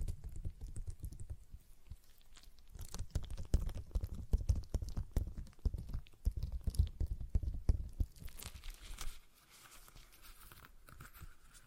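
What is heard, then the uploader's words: A stress ball being squeezed and kneaded, giving dense, irregular crinkling and squishing with quick clicks and taps layered over a low, soft rumble. The handling is busy through about nine seconds, then drops away to a quiet, faint hiss with a few light rustles. ASMR Relaxing Stress Ball Sounds (No Talking).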